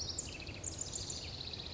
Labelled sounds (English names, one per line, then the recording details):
House Wren
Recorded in Sonoma County, California